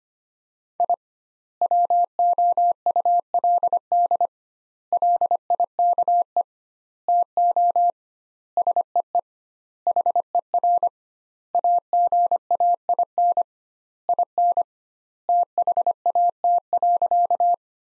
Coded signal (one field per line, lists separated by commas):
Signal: Morse code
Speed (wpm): 25 wpm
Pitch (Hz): 700 Hz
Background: none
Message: I WOULD LIKE TO SEE HER AGAIN IN THAT.